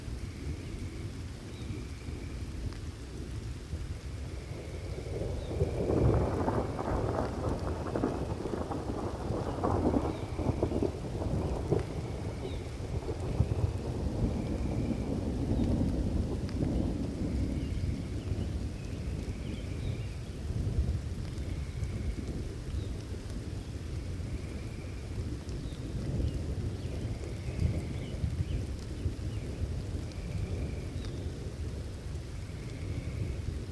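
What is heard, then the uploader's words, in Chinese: Steady rain on a spring night, with a long rolling thunder building near six seconds and fading by twenty, and regular high chirps throughout. 大自然的声音-野外露营2（春天的雨夜）。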